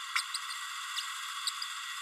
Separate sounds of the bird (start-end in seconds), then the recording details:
0.15-0.22, 1.47-1.50. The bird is a male. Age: 31 days. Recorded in a nest box in Venezuela. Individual 17B32A6